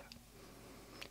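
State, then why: Seated. A tight plastic cap is pushed back onto the barrel of a chisel-tip marker. Two short, bright clicks are heard at 0.1 s and 1.0 s over a low background hum. The cap clicks on and seats.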